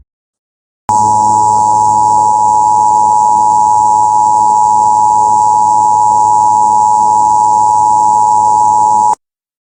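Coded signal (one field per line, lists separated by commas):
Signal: Emergency Alert System (SAME) tones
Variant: 853 and 960 Hz attention tone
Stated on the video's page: Simulated EAS alert about a tornado.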